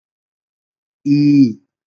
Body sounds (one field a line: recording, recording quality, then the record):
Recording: sustained vowel as in beet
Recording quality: excellent, no background noise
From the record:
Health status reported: COVID-19 positive, mild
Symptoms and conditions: cough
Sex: male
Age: 24 years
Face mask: worn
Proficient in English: yes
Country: India